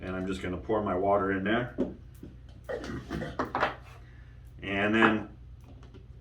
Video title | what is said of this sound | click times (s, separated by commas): How To Install & Prime 3M PPS 2.0 H/O Cups To The Bottom of Your Apollo AtomiZer Spray Gun | we want to snap the lid on, and you can physically hear it snap on. | 5.8 s